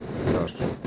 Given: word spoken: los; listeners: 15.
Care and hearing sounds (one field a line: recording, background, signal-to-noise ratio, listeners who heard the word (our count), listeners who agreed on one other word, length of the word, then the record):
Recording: one Spanish word in noise, from a listening test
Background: noise modulated by three-talker babble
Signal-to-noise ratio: -3.5 dB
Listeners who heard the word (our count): 1 of 15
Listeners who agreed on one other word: 11 of 15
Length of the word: 0.47 s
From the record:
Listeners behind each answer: 11, 1, 1, 1, 1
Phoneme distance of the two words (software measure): 10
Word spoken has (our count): 1 syllable, 3 phonemes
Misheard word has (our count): 1 syllable, 3 phonemes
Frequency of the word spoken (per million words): 17164.95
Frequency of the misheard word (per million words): 1497.38